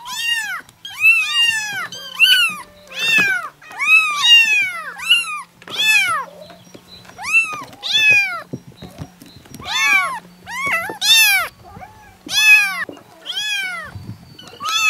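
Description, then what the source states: Domestic cat: kitten mews, a long series of high, arching cries, with a low steady hum underneath. Kittens meowing.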